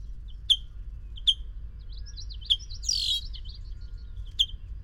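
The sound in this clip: Bird chirps: short sharp notes repeated at irregular intervals of one to two seconds, with a brief twittering phrase and a buzzy burst in the middle, low background hum throughout.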